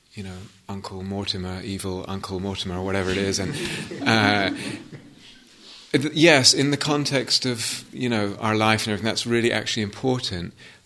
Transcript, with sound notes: you know, Uncle Mortimer, evil Uncle Mortimer," or whatever it is. [laughter] Yes, in the context of our life and everything, that's really actually important.